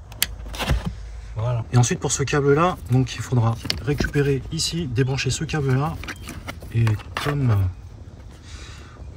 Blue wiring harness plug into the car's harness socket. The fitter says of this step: ceci et bien l'enclencher pour qu'on entend bien le clip